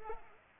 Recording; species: mosquito wingbeat signal from an infrared sensor; Culex pipiens